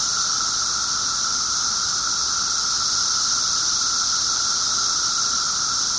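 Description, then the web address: Periodical cicada: continuous whining drone from many periodical cicadas, a steady tone topped by a high sizzling hiss, even and unbroken. 17-year cicadas; recorded 24 June 2007 at 1:30 pm. "cicadas 6 24 07 1 ' 30 pm. 17 yrcicada"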